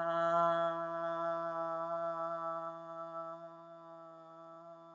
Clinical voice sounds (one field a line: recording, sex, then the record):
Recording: sustained vowel /a/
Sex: female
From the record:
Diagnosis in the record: healthy control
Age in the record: 69 years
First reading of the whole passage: 64 s, 7.9 characters per second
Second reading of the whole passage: 54 s, 9.5 characters per second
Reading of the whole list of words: 33 s, 8.4 characters per second